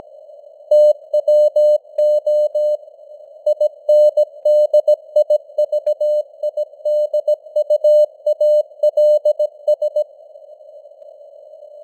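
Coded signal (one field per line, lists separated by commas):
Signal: Morse code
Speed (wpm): 17 wpm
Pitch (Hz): 600 Hz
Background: none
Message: TWO INDIVIDUALS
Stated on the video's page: Morse news headlines at 17 wpm with simulated radio noise and varying signal strength (QSB).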